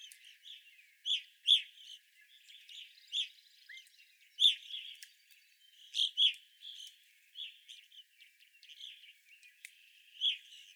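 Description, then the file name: Evening grosbeak calls, sharp ringing chirps repeated irregularly over softer chatter. Evening grosbeaks, 25 April 2021. "2021-04-25 Evening Grosbeaks"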